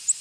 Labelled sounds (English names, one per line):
Ovenbird flight call